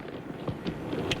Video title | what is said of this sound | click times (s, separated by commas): Trailside S05E07 Quebec Summer Adventure | okay so they're in around the legs and they come and click on your side | 1.1 s